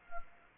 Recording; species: mosquito wingbeat signal from an infrared sensor; Anopheles arabiensis